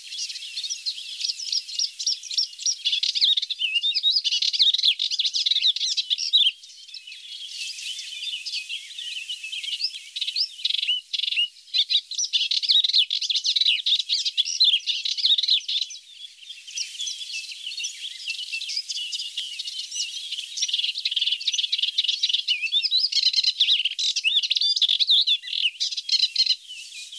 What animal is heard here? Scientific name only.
Hippolais polyglotta